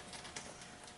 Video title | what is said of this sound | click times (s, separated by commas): ford fiesta spark plugs and wires 2011 | It gets like 2 nice little clicks. | 0.4 s